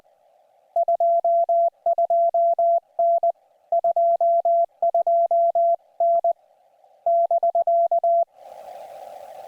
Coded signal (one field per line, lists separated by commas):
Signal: Morse code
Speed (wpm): 20 wpm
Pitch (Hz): 680 Hz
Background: none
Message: 22N 22N <BK>